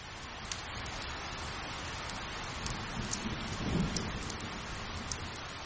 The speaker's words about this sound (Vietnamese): Sau đó trời tối, mưa vẫn chưa dừng.